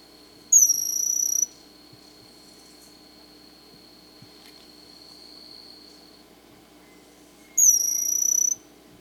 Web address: Natures Songs S America Birds of Ecuador Bronze-Olive Pygmy-Tyrant